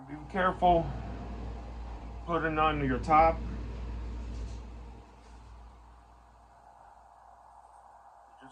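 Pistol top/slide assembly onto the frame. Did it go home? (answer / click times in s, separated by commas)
no / none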